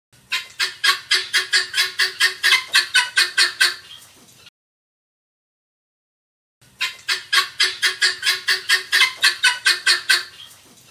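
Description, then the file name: Helmeted guineafowl giving long runs of loud, rasping, evenly spaced notes, pausing about two seconds between bursts of roughly four seconds each. Calling the flock together. "Tieng ga sao keu goi bay"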